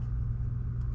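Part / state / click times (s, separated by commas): small internal part going back into a baitcasting fishing reel body / not seated / none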